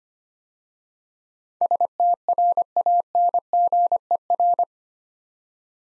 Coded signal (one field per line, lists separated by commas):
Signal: Morse code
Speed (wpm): 25 wpm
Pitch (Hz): 700 Hz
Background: none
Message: STRANGER